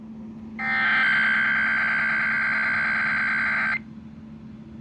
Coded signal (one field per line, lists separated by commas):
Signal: Emergency Alert System (SAME) tones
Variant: header bursts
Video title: WDLV IPAWS CAP Required Weekly Test (EAS #6)